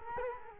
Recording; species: mosquito wingbeat signal from an infrared sensor; Culex quinquefasciatus